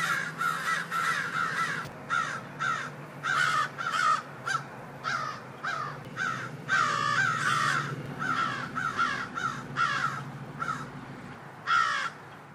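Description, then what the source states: Crows cawing harshly and repeatedly in rapid bursts, several calling over one another, with a low engine drone underneath. Wild crows heard daily, mobbing a hawk that swooped down, took a baby crow and hid with it in a pine tree; a motorcycle passes faintly in the distance.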